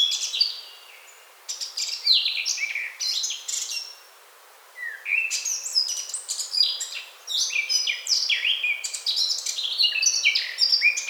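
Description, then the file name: Eurasian blackcap song in several outbursts of rapid, scratchy warbling with whistled notes, separated by brief pauses. "Sylvia atricapilla"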